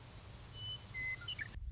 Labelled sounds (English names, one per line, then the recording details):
Western Meadowlark
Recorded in Sonoma County, California